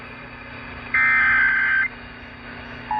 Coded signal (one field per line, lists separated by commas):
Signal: Emergency Alert System (SAME) tones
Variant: header bursts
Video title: WBAP Texas Amber Alert EAS with Siren